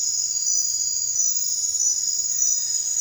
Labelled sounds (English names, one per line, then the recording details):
none
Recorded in dense forest near Puerto Asís, Putumayo, Colombia, on 16 December 2024 at 23:00
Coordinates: 0.468, -76.322
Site G071